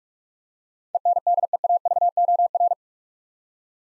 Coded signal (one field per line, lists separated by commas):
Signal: Morse code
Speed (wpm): 46 wpm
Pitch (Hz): 700 Hz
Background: none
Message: ENDEAVOR